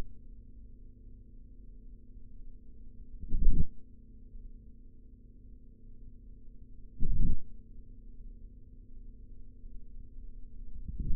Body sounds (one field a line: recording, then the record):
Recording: forearm muscle sounds (acoustic myography)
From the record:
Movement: forearm supination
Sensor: system 3, bracelet of six PUI Audio POM-2738L microphones around the upper forearm, with dedicated amplification and filtering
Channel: 3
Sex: male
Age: 26 years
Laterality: right